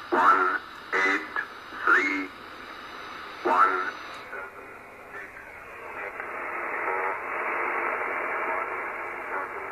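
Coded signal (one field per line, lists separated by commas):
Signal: numbers station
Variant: E06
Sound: about six short clipped spoken words, evenly spaced, then continuous radio hiss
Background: radio static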